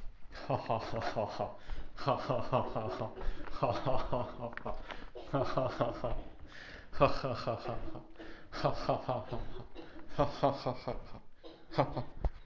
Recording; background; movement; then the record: laughter; a bystander coughing; walking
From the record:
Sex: male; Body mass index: 23.7 kg/m2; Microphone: on the chest, facing outward